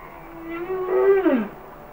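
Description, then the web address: Humpback whale song unit: one long tonal moan that holds steady, then rises and sweeps sharply downward at the end. "Whale Songs Sounds of Nature - Humpback Whales"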